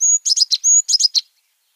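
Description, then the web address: African blue tit song: a high clear whistled note followed by three buzzy descending notes, the phrase given twice. Subspecies ultramarinus; song. "Schulze Peter African Blue Tit"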